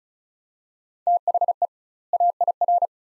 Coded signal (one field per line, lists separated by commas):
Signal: Morse code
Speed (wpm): 34 wpm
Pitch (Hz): 700 Hz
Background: none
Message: THE AIR